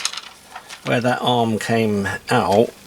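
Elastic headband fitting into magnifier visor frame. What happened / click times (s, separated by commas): The headband fitting is being handled but has not clicked home yet / none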